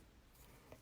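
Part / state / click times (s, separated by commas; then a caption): plastic cap onto a craft blending marker / seated / 0.7 s. A plastic cap is pushed back onto a craft blending marker, with quiet rubbing and handling noise before it. A short, sharp snap at 0.7 s shows the cap has locked on tight so the marker will not evaporate.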